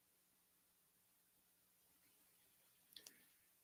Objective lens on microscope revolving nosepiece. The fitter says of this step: And again, these click into place so you can pick your power.